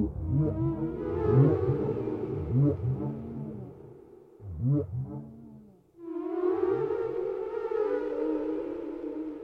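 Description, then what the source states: Whale song: low moaning notes that sweep up and down in arched swoops, repeated several times, then a long, steady, higher moan after a short pause. Whale sounds without music, with white noise.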